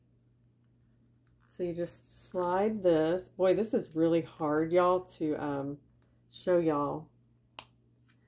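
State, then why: Seated. Someone talks while sliding the blade slider of a small plastic utility knife. After a pause, a single sharp click sounds at 7.6 seconds as the slider locks into place in the knife body.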